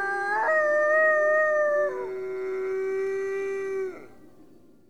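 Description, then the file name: Coyote or wolf howl: one long, smooth, rich-toned note that swoops up, holds steady with a slight downward step, then fades after about four seconds. Coyote yip howls heard together with a wolf chorus howling. "Howls Growls - Coyote Yip Howls and Wolf Chorus Howls"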